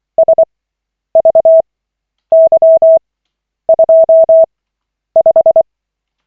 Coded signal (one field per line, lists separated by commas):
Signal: Morse code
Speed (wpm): 24 wpm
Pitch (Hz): 650 Hz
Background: none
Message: SVY25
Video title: Koch 28/40, 20.03.2025, CW practice session